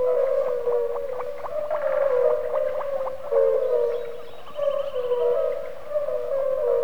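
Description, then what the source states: European fire-bellied toad: many calling together, a continuous droning chorus of soft hoots. Many calling without pause in pools left after the spring river flood, beside a river island, central Russia.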